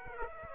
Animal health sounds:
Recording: mosquito wingbeat signal from an infrared sensor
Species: Aedes aegypti

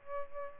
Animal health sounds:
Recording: mosquito wingbeat signal from an infrared sensor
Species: Aedes albopictus

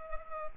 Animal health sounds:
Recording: mosquito wingbeat signal from an infrared sensor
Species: Culex pipiens

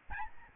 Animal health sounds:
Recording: mosquito wingbeat signal from an infrared sensor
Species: Aedes albopictus

